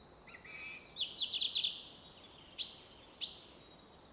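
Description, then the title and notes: Common nightingale song: a quick rattling burst of high notes followed by scattered sharp clicks and chirps, over a low steady rush. Evening in Fläsch, Switzerland; rushing of the Rhine in the background reflected off a rock face; recorded with Fostex FR2 and MKH 800. "Fläsch, Schweiz - Abendstimmung Nachtigall. Im Hintergrund wird das Rauschen des Rheins von einer Felswand reflektiert"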